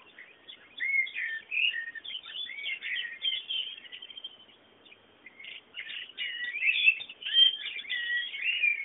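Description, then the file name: Bird song, continuous busy twittering and warbling, dipping briefly before resuming loudly with rapid chirps. Background bird sounds. "fondo pajaros"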